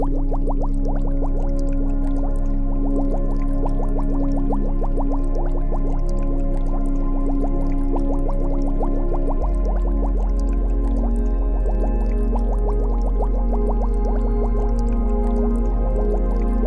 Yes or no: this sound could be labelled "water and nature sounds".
yes